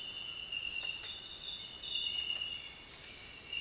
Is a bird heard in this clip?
no